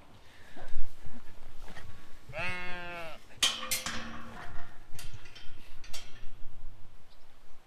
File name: hops and sheep a perfect match in southland